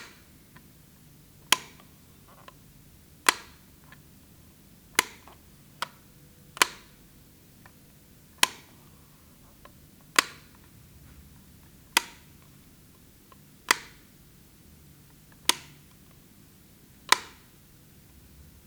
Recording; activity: daily activity, guitar pickup as the sensor; operate light